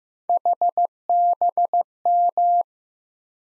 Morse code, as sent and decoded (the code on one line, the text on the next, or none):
.... -... --
HBM